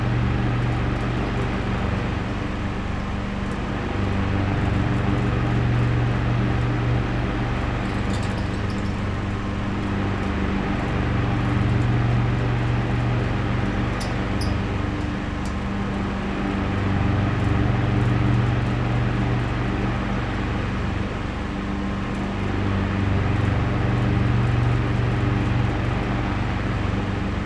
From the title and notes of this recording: Grandpa's Old Fan. The gentle, oscillating hum of an antique fan. The blades circulate gently through the air.